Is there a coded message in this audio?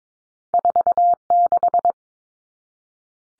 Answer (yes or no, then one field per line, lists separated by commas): yes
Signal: Morse code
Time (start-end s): 0.5-1.9 s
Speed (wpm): 22 wpm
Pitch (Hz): 700 Hz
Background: none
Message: 46